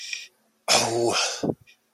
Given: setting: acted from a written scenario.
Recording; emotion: vocal sound without words; guilt